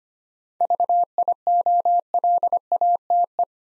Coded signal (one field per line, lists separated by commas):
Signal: Morse code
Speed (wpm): 25 wpm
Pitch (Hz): 700 Hz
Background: none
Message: VIOLATE